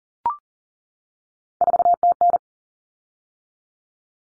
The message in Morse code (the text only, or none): 4TN